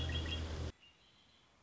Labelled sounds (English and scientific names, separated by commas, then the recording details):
Red-winged Blackbird (Agelaius phoeniceus)
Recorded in Sonoma County, California